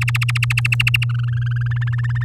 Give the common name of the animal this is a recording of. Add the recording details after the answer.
Domestic Canary. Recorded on 8 May 2018 at 07:36. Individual llb16